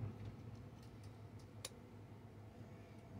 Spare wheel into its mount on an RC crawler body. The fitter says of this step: just snaps into place okay maybe I got that one upside down yeah there